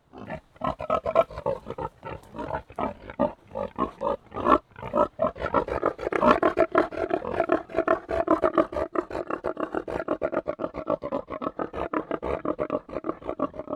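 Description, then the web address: Tamworth pig grunts and snorts packed into a continuous, harsh, throbbing chatter that swells in the middle and keeps going steadily to the end. Three pigs grunting together. "BBC Sound Effects Library. Livestock. Three Tamworth Pigs Grunting"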